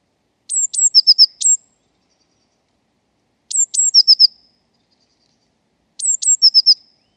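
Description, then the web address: Eurasian blue tit calling in three phrases, each of thin high descending notes with a quick series of lower notes. "cianscape birddata Deverinetal 2025 File origin Bird Only Cy Ca"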